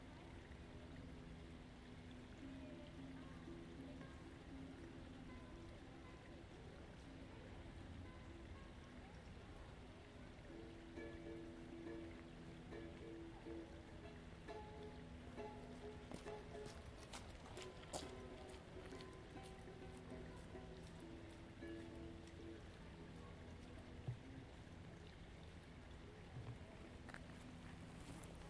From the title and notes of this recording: I took a walk in Ravenna Park, Seattle.